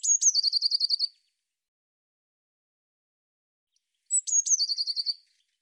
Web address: cianscape birddata Deverinetal Bird Cy Ca Cy Ca